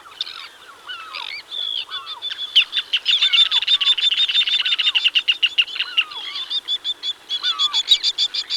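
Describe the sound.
Ruddy turnstone chattering calls: a fast, steady rattle of high clipped notes through most, with lower slurred whistles dropping in pitch in between.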